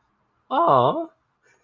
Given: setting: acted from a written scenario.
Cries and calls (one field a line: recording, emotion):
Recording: vocal sound without words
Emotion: adoration